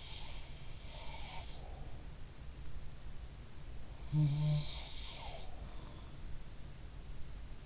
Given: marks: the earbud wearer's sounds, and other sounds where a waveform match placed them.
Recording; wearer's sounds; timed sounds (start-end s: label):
sounds in sleep by an in-ear microphone; breath
0.00-1.48 s: sound from someone else or the room
1.59-2.03 s: breath
3.98-5.53 s: sound from someone else or the room